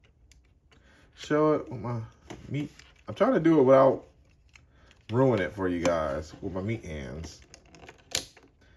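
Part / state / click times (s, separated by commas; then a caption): plastic vice-grip jaw locking into the toy figure's arm / seated / 8.2 s. Someone talks while pressing the plastic vice-grip gimmick on a Transformers Beast Wars deluxe Maximal Cybershark action figure's arm. The jaw locks shut with a small click at 8.2 s and is seated, held on a little click that a button releases.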